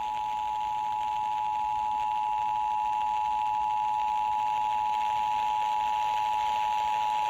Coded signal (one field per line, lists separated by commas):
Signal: Emergency Alert System (SAME) tones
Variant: 853 and 960 Hz attention tone